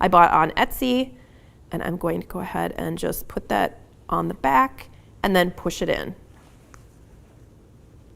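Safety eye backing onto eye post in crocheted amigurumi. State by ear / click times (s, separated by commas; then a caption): not seated / none. Someone talks while getting ready to push a plastic safety eye backing onto the post of a sinker safety eye through crocheted amigurumi fabric with a safety eye tool. Speech fills most of the clip, followed by quiet near the end. Nothing has seated or clicked yet.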